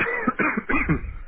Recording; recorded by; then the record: voluntary cough; telephone call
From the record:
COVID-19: positive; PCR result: checked with the laboratory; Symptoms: yes